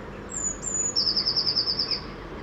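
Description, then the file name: Eurasian blue tit song: a very high, thin drawn-out note followed by a rapid silvery trill, over a soft background hiss. "Cyanistes caeruleus"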